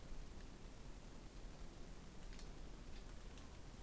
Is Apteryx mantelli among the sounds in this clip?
no